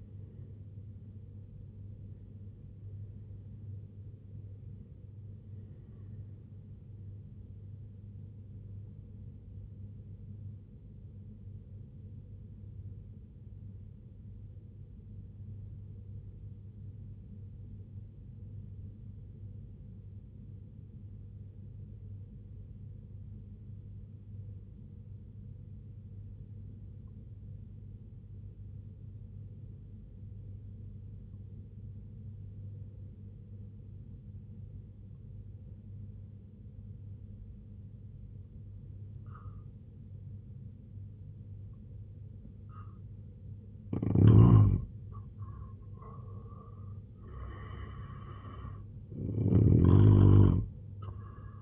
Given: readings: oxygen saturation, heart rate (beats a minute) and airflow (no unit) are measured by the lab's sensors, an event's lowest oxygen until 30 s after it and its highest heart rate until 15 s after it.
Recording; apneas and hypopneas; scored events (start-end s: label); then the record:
breathing in sleep by a smartphone at the bedside; 1
9.00-43.60 s: obstructive apnea (N1, oxygen 95% highest, then 80% lowest, heart rate 70 at the start, 88 highest)
19.00-51.62 s: new sleep stage, N2 (light sleep)
From the record:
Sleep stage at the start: N1 (lightest sleep); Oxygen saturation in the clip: 82 to 95%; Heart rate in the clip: 64 to 91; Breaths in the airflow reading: 5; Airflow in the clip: -9.4 to 10.9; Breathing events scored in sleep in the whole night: 258 in 7.4 hours asleep